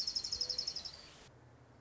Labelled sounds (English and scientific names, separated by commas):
Orange-crowned Warbler (Leiothlypis celata)